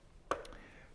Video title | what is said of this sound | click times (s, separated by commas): Arc Flash & Industrial Face Shields Compatible w/ Fibre-Metal® Safety Helmets | you hear a little click as it went up that's because it has a locking mechanism | 0.3 s